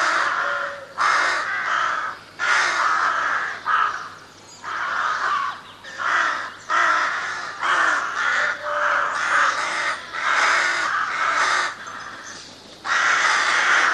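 Crow caws repeated steadily, many raucous calls in quick succession with brief silences, forming a long insistent series.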